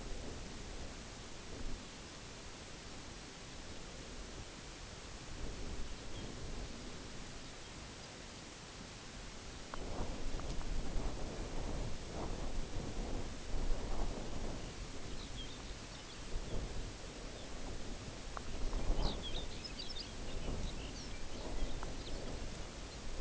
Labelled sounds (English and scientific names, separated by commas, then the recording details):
unidentified sound, Lapland Longspur (Calcarius lapponicus)
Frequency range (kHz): Lapland Longspur (Calcarius lapponicus) 1.5-6.4 kHz
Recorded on Arctic tundra, site UTQI-0, on 14 June 2019
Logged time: 14:00